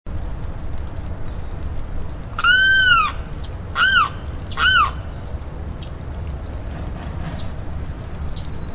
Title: LuckyPassaro Completos2Sama. Limpkin (Aramus guarauna)